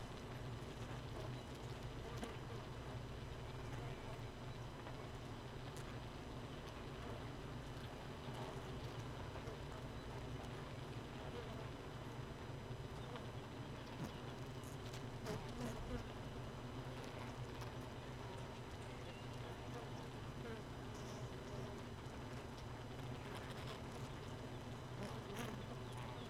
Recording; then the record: honeybee colony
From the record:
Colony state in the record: missing queen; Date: 31 May 2018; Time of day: 4:10